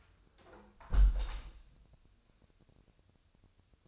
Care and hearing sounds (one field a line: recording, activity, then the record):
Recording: daily activity, microphone in the room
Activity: close window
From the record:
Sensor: 2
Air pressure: 1014.8 hPa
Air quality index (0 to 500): 28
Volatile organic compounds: 1 ppm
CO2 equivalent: 522 ppm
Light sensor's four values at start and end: 8/20/8/8 and 8/20/8/8